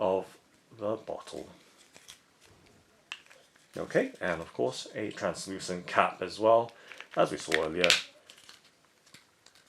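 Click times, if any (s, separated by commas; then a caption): none. A translucent plastic cap is being handled with a plastic travel spray bottle from a 5-piece travel bottle set, ahead of pushing it on. Someone talks through most of the clip, with a few faint small handling taps and rustles in the pauses. Nothing has seated or clicked yet; the cap is not on.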